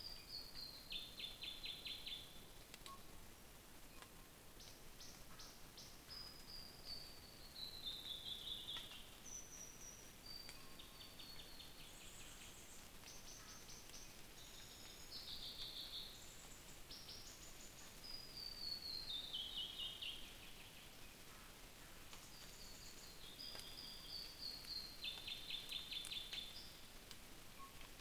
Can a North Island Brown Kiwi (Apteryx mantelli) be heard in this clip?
no